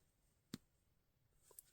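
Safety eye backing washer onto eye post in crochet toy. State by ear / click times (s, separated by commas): seated / 0.5 s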